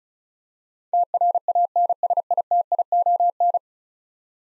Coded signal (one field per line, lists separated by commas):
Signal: Morse code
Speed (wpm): 36 wpm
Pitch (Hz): 700 Hz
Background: none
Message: TRANSITION